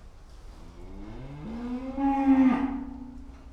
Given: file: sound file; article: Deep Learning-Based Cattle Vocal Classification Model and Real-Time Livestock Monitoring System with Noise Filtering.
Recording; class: cattle; food anticipating call